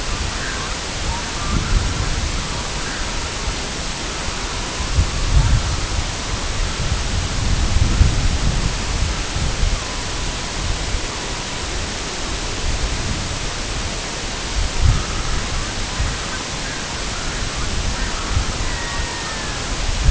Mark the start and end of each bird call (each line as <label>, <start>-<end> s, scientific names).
Gavia stellata, 0.00-7.22 s
Gavia stellata, 7.74-11.73 s
Gavia stellata, 14.76-19.82 s